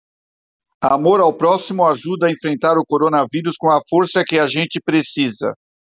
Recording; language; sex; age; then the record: spoken sentence; Brazilian Portuguese; male; 60 to 69 years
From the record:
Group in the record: control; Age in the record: 60 years